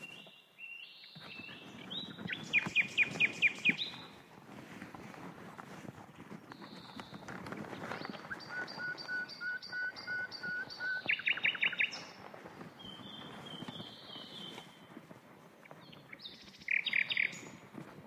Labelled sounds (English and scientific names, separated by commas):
Common Nightingale (Luscinia megarhynchos) song